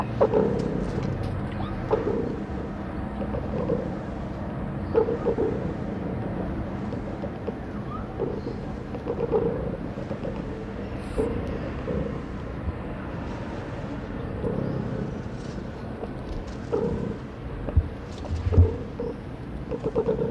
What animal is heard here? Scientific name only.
Otocyon megalotis